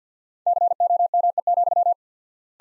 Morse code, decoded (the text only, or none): COME,